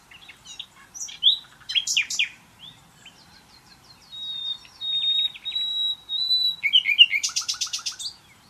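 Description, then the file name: Common nightingale song: sharp chirps, a run of soft repeated notes, a long sustained pure whistle, then a rapid loud rattle of repeated notes. "Luscinia megarhynchos"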